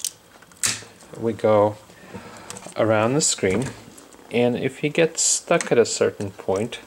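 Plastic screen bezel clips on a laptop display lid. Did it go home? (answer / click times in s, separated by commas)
released / 0.1 s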